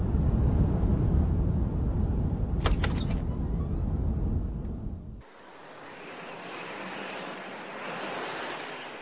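A car rolls along with a heavy, low engine and road rumble, then pulls up and stops for a hitchhiker as the deep rumble abruptly cuts out, leaving a softer steady hiss.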